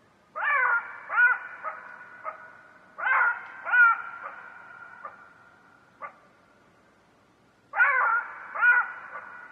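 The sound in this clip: Jackal calls: harmonic wails and short yips in three groups, with a single short yip in the gap before the last.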